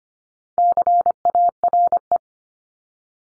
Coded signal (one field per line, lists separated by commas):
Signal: Morse code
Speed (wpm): 25 wpm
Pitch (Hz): 700 Hz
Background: none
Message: CARE